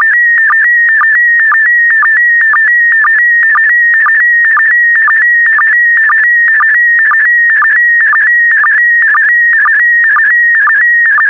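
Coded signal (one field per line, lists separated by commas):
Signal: SSTV (slow-scan television)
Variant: PD120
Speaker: complete. You can now check your decoded image against the picture that is shown on the video.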